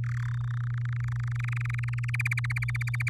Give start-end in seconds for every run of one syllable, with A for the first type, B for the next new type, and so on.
0.04-0.35 A, 0.37-2.16 B, 2.19-3.09 C